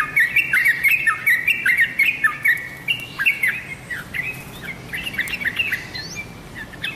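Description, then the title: Oriental magpie-robin song, quick varied chirps and short whistled slurs in a steady stream, louder at first, then softer phrases later. "Kicau Kacer"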